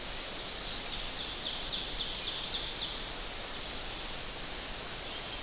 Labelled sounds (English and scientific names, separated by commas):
Ovenbird (Seiurus aurocapilla) song